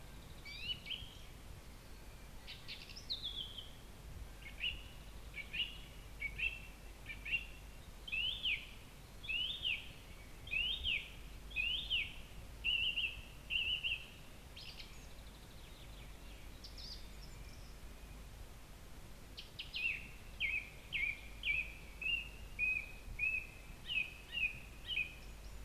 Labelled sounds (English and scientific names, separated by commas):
Song Thrush (Turdus philomelos) song